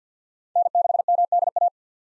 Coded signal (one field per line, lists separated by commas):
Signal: Morse code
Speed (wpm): 50 wpm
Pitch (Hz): 700 Hz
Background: none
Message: N6MDA